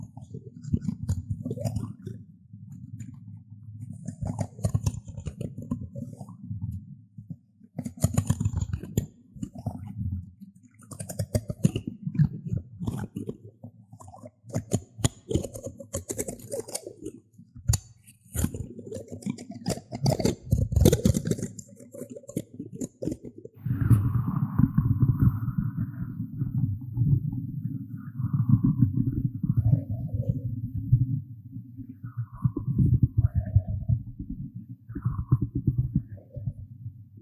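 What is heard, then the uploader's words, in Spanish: Plastic spoons make soft tapping and scraping sounds, with dense clicky bursts through the first twenty-odd seconds. Underneath runs a steady low rumble. After about 24 seconds the clicks thin out and a faint high squeak or rubbing sound appears over the hum. Sonidos relajantes hechos con cucharas plásticas.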